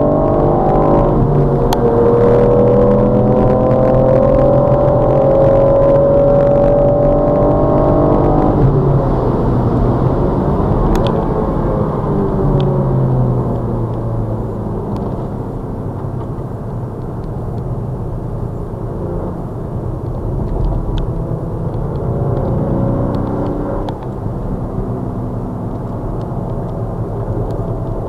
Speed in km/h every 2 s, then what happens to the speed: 126, 135, 148, 156, 163, 142, 113, 92, 82, 72, 58, 53, 77, 71.
0-8 speeds up to 163. 8-22 brakes to 53. 22-24 speeds up to 77.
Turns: 15-22.